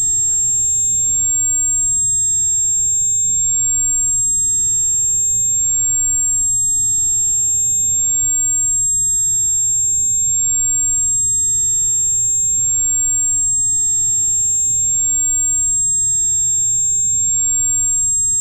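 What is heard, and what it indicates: A steady, unbroken high-pitched whistle at 7500 Hz holds for about 18 seconds, with faint low hum beneath. It is a simulated tinnitus tone, imitating the constant ringing a person with tinnitus perceives.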